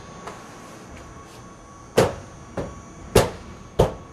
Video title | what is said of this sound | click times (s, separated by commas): How to Install a Hip Panel: ABC SL-16® Metal Roofing System | snaps in place and you can see that our angle runs up along the hip we come across the top | 3.8 s